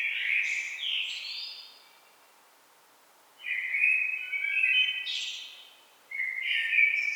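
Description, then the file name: Common blackbird singing low, flute-like warbled phrases, each closed by a high, thin squeaky flourish, with short pauses between them. "Turdus merula"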